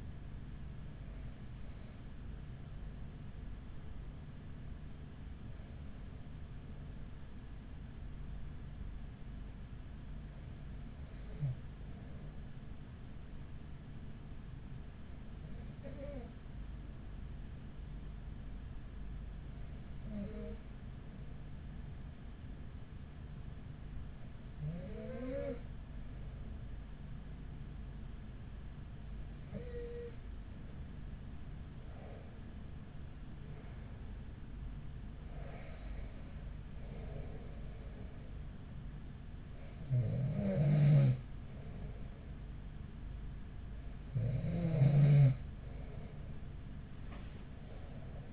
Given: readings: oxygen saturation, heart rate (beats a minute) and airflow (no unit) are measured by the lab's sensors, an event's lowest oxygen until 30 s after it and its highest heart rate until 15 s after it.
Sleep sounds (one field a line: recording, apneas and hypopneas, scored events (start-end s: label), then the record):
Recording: breathing in sleep by a smartphone at the bedside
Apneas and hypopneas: 1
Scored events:
1.00-31.00 s: new sleep stage, N2 (light sleep)
5.00-35.00 s: hypopnea (N2, oxygen 96% highest, then 94% lowest, heart rate 42 at the start, 48 highest)
31.00-48.32 s: new sleep stage, N1 (lightest sleep)
From the record:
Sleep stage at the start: N1 (lightest sleep)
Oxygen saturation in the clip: 94 to 96%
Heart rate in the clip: 39 to 48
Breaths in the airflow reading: 11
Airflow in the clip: -5.9 to 5.9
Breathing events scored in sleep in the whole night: 207 in 7.6 hours asleep